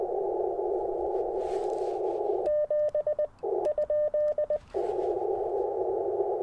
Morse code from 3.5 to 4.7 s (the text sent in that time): ?